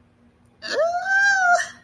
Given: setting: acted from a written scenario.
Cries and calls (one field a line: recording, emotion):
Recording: vocal sound without words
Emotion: embarrassment